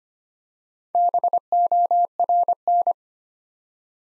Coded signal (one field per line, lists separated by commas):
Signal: Morse code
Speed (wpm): 25 wpm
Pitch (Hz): 700 Hz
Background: none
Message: BORN